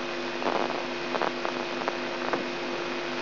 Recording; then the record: brain microelectrode recording played as sound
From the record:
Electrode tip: inside the subthalamic nucleus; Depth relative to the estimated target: -2.5 mm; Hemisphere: left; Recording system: AlphaMap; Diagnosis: Parkinson's disease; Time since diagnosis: 17 years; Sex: female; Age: 63 years